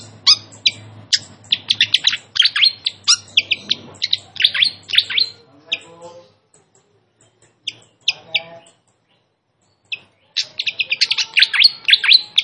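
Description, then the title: Malaysian pied fantail song: dense streams of fast, high chirps and whistles, a brief quieter gap with softer notes, then another rapid burst; faint low hum early on. Clear song used to train other birds, with the sound of trickling water. "Masteran Sikatan Kipas Suara Jernih Dan Suara Gemericik Air"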